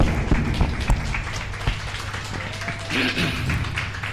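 An audience claps steadily: a dense patter of many hands, fairly loud and even, with a few sharper individual claps standing out and no voices on top.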